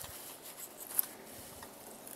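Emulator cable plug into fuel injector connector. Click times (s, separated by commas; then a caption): 1.0 s. With the engine's fuel injector connector unplugged, the matching plastic connector from a CNG emulator cable is pushed onto the fuel injector. Over quiet handling noise, a sharp snap at 1.0 s marks the connector seating in place. A couple of faint ticks follow near the end.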